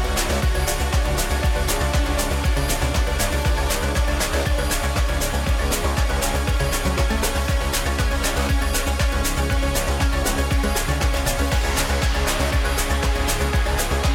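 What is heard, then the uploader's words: Day of the Dead in Tucson, Arizona: loud, dense music with a steady, fast drum beat and regular low thumps throughout. Day of the Dead, Tucson Arizona.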